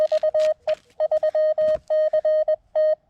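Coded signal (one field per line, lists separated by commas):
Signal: Morse code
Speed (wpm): 22 wpm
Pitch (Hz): 620 Hz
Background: radio noise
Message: VE3CT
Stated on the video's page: CW heard through KX2 and TX-500 radios during an activation, comparing audio clarity, background noise and filtering, with a linked dipole.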